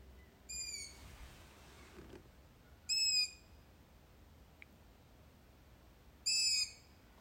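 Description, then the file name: Bird giving loud, nasal screeching calls, three brief bursts roughly every three seconds, with a faint click between them against low background hiss. "fugl"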